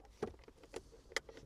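An auxiliary electrical wiring connector is pushed into its mating plug in the handbrake centre console of an Audi R8. After a few soft handling knocks, a sharp click comes at 1.2 seconds as the connector seats fully, and someone talks.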